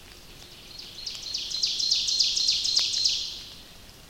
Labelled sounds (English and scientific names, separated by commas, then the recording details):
Ovenbird (Seiurus aurocapilla) song
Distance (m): 45 m
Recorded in boreal forest in Alberta, Canada, on 29 May 2016 at 06:18
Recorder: SongMeter 3, array SBT-3-49
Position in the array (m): 115 m, 234 m
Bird 14